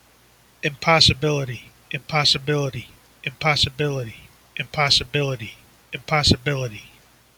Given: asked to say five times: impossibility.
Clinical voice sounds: repeated word; male; 40 to 49 years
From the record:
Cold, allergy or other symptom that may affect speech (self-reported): no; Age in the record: 47 years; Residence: Illinois, United States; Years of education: 16

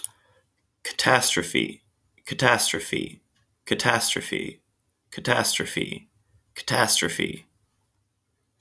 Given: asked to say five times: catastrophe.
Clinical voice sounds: repeated word; male; 30 to 39 years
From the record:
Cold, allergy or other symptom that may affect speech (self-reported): no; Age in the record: 32 years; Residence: Oregon, United States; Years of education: 16

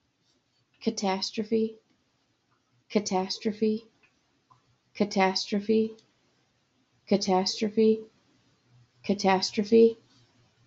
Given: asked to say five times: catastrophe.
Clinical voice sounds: repeated word; female; 40 to 49 years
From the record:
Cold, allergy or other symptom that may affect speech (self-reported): no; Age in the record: 40 years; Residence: Colorado, United States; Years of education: 14

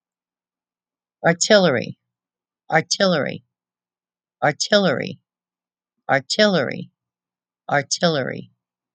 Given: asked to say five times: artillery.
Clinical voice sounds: repeated word; female; 50 to 59 years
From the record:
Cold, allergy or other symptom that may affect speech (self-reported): no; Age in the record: 59 years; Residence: Oklahoma, United States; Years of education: 12

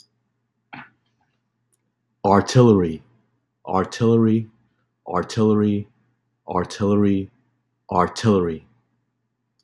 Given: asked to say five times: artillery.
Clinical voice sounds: repeated word; male; 30 to 39 years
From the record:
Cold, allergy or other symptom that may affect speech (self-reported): no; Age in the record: 33 years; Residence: New York, United States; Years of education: 16

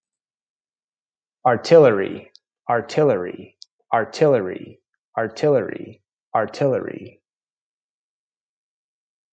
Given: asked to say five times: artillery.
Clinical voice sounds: repeated word; male; 40 to 49 years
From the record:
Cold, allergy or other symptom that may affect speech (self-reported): no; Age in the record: 40 years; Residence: United States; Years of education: 16

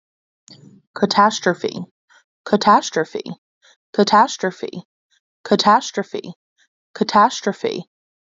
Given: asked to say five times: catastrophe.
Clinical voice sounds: repeated word; female; 30 to 39 years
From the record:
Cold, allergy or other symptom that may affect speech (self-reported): no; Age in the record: 32 years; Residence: Delaware, United States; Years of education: 16

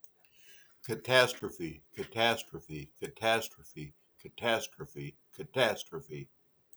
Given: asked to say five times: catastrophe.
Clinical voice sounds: repeated word; male; 30 to 39 years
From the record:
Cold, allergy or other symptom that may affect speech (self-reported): no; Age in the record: 37 years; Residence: United States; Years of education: 18

